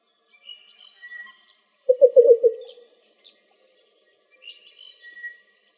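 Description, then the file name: Least bittern giving one low, pulsed cooing burst that fades, framed by higher thin whistled notes from other birds. Recorded in Arizona on 4 October 2004. "AZFO LEBI 3"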